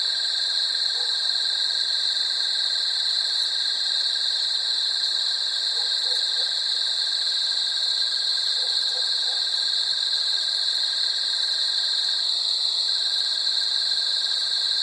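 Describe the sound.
Cricket, a steady, high-pitched continuous trilling of several layered tones throughout.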